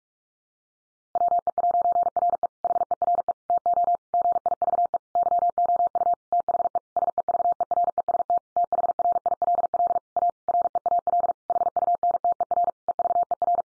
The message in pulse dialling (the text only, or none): none